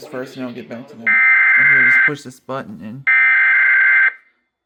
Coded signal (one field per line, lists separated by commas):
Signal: Emergency Alert System (SAME) tones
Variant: header bursts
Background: speech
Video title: TFT DEBUT - EAS Alerts from 2/27-3/1/26 (New EAS 965-973)